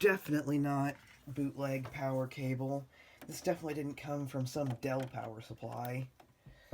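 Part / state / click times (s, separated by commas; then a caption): power cable into computer power socket / not seated / none. A power cable is handled next to the power socket of an old Mac, while someone talks through most of the clip. Nothing has seated or clicked yet; the cable is not yet home in the socket.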